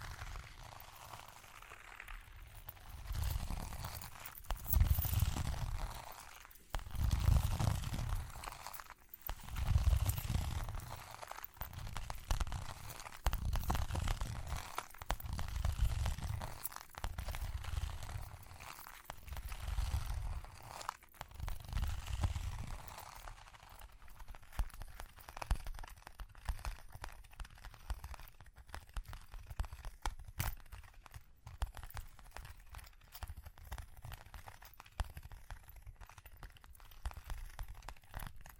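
Tapping and scratching with crinkly, crunchy textures, thumping in low bursts about every two seconds for the first twenty-odd seconds, then softer rustling.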